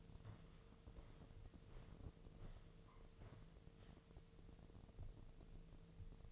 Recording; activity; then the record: daily activity, microphone in the room; walk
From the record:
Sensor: 4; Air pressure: 1006.4 hPa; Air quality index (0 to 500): 87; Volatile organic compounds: 2 ppm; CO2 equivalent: 1080 ppm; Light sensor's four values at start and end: 12/27/10/10 and 12/27/10/10